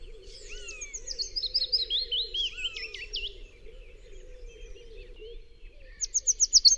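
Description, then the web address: Willow warbler song with a soft, falling run of sweet whistles, a quieter stretch with faint low hum, then a new phrase starting at the end. "chant Pouillot fitis"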